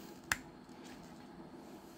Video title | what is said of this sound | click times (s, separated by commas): Can I Fix this Tyco Century 430 Spirit of '76 Locomotive? | and then just give it a push and you heard that click let's see on the front it wants to be stubborn | 0.3 s